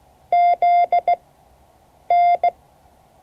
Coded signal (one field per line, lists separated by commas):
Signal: Morse code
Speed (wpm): 16 wpm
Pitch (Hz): 690 Hz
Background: none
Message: ZN